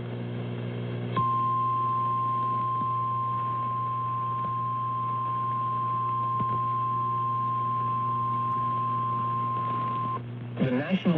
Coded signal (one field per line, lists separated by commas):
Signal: Emergency Alert System (SAME) tones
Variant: 1050 Hz attention tone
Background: speech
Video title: EAS Alerts from March 30th-31st, 2025: An EAS Compilation - Enhanced Risks